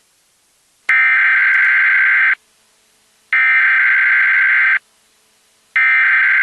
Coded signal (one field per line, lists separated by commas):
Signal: Emergency Alert System (SAME) tones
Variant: header bursts